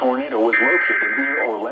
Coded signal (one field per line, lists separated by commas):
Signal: Emergency Alert System (SAME) tones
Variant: header bursts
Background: speech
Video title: MLB Tornado Warning on KIH63 and WXXL FM (EAS #209-210)